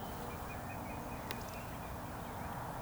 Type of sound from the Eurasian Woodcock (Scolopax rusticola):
whistle